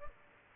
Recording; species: mosquito wingbeat signal from an infrared sensor; Aedes aegypti